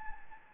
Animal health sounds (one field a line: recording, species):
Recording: mosquito wingbeat signal from an infrared sensor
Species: Anopheles gambiae